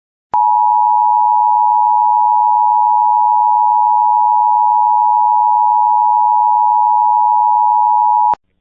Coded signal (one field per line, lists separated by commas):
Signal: Emergency Alert System (SAME) tones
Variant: 853 and 960 Hz attention tone